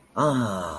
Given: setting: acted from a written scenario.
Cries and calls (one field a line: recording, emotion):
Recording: vocal sound without words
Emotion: contentment